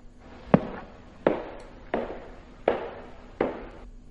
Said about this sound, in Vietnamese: Lần này thì khẳng định chính là tiếng bước chân, chứ không thể nào nhầm được. Tiếng bước chân trên cái nền gỗ.